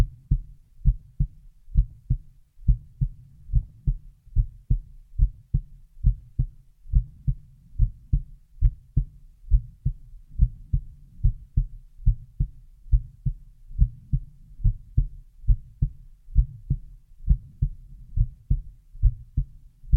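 Deep, soft paired thumps repeat steadily at about 69 beats a minute, heard up close, with a low rumbling hum between beats and no other sounds. It is an ordinary adult heartbeat with a regular rhythm.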